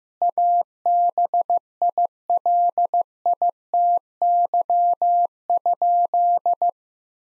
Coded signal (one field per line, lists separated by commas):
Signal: Morse code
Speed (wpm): 15 wpm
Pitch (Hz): 700 Hz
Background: none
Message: ABILITY?